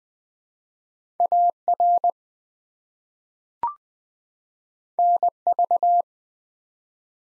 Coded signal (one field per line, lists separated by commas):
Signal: Morse code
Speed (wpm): 20 wpm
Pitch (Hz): 700 Hz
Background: none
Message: AR NV